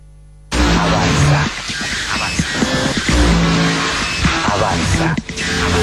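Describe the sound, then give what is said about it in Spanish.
Dense city traffic in a jam rumbles steadily as cars brake and stop, with tires squealing and skidding over a constant engine roar that starts abruptly and stays loud throughout. “La ciudad avanza, se detiene, embotellado, trabado, un auto al lado del otro, trabado, estás trabado, encerrado, trabado, rodeado de máquinas, máquinas, bocinas, motores, gritos, motores, es lo que se escucha”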